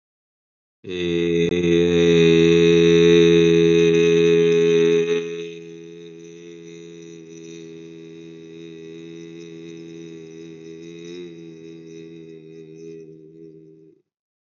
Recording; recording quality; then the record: sustained vowel as in made; excellent, no background noise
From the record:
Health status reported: healthy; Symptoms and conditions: none ticked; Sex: male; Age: 22 years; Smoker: not ticked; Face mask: not worn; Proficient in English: yes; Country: India